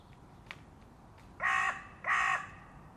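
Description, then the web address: Bird giving two harsh, nasal caw-like calls, each lasting roughly a third of a second, preceded by a few faint clicks. "Deverinetal 2025 File origin Bird Only"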